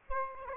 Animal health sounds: mosquito wingbeat signal from an infrared sensor; Aedes albopictus

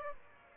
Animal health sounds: mosquito wingbeat signal from an infrared sensor; Aedes aegypti

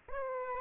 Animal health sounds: mosquito wingbeat signal from an infrared sensor; Aedes aegypti

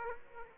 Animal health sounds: mosquito wingbeat signal from an infrared sensor; Aedes aegypti

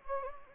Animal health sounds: mosquito wingbeat signal from an infrared sensor; Anopheles gambiae

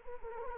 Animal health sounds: mosquito wingbeat signal from an infrared sensor; Anopheles arabiensis

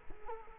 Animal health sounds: mosquito wingbeat signal from an infrared sensor; Culex quinquefasciatus

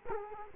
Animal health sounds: mosquito wingbeat signal from an infrared sensor; Culex quinquefasciatus

